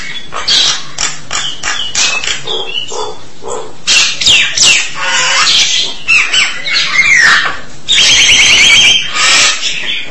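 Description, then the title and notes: Starling song of clicking notes and scratchy chatter, then bending whistles and a rapid buzzy trill near the end. "suara burung jalak"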